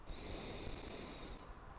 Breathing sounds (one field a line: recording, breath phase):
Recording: one breath near a microphone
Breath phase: exhalation